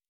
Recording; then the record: hydrophone in a shrimp aquaculture tank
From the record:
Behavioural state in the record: normal